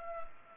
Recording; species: mosquito wingbeat signal from an infrared sensor; Culex pipiens